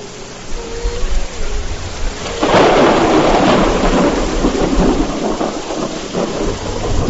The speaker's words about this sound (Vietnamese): Một luồng sáng cực lớn bùng lên, sóng to mưa lớn, gió quặn mây vần, sầm sập tuôn trào. Bao tiếng nổ lớn, vang lên liên tiếp.